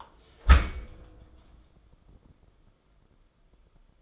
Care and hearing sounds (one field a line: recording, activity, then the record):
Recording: daily activity, microphone in the room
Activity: close dishwasher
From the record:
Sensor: 5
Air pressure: 994.5 hPa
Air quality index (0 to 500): 195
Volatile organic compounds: 1000 ppm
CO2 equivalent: 5760 ppm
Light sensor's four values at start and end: 43/132/51/56 and 44/137/53/58